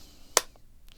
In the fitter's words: Solid click there.